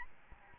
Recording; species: mosquito wingbeat signal from an infrared sensor; Aedes albopictus